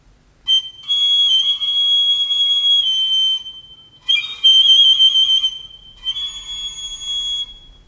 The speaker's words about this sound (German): Auf dieser Pfeife pfiff er um Hilfe zu Gott. Um Hilfe zu Gott.